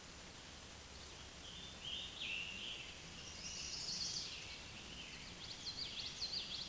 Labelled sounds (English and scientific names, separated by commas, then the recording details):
Scarlet Tanager (Piranga olivacea) song
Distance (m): 50 m
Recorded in a Pennsylvania forest on 19 May 2023 at 12:04
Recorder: AudioMoth, point grid1_27_low
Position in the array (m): 164 m, 26 m